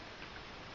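The plastic jaw piece of a TFC Poseidon P-005 Deathclaw transforming robot toy is handled as it is swiveled around and down toward the robot body. Only a steady, even hiss with faint soft ticking is heard, with no sharp hits. Nothing has seated or clicked into place yet.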